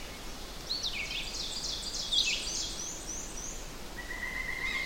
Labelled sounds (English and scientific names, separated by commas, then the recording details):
Ovenbird (Seiurus aurocapilla) song
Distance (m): 60 m
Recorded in boreal forest in Alberta, Canada, on 4 June 2016 at 06:36
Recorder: SongMeter 3, array SBT-3-51
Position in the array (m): 210 m, 19 m
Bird 27